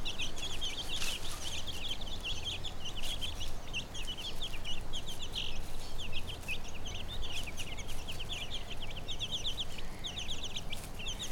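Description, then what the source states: Chicken chicks chirp in rapid, overlapping bursts of high, downslurred peeps across the whole stretch, with a constant low rumble beneath. Hen with her chicks, Brownsea Island.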